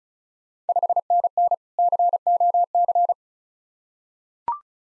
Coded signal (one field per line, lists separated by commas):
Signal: Morse code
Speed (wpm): 34 wpm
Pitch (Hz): 700 Hz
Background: none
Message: 5NN COC